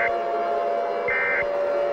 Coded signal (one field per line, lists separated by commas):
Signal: Emergency Alert System (SAME) tones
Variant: end-of-message bursts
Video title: EAS Scenario #11: Mickey Error 7 Well Its Still Going